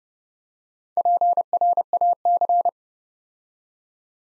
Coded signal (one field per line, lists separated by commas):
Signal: Morse code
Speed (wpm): 30 wpm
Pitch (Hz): 700 Hz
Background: none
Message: PRAC